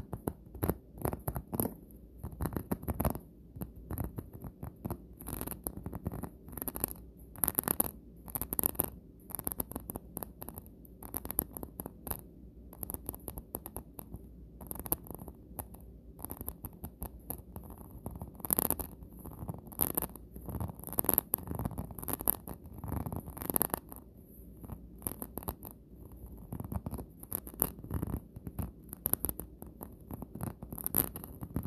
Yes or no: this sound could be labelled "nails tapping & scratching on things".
yes